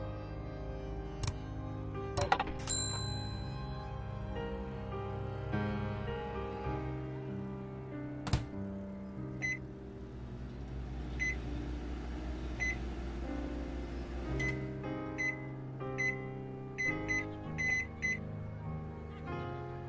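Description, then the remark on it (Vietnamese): A microwave oven hums steadily with a low droning tone, a few sharp clicks early on, then a string of short, high-pitched beeps repeating at uneven intervals toward the end. “Lò vi sóng đây à?”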